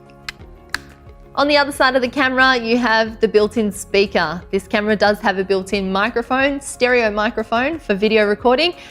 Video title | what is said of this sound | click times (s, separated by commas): Canon Camera Assist - EOS M100 User Guide | And to insert it properly, make sure it clicks down into place. | 0.8 s